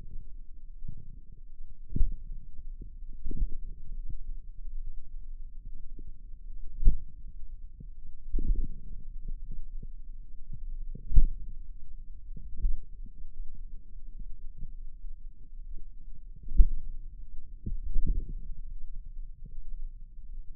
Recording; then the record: forearm muscle sounds (acoustic myography)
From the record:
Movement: pen grasping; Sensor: system 2, bracelet of six BSWA MPA416 microphones around the upper forearm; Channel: 4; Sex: female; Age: 23 years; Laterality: right